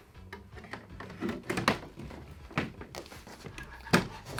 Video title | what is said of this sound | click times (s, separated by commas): Samsung Slim Fit Wall Mount on Samsung QN95B | okay so you can see it's clicked all the way in | 3.9 s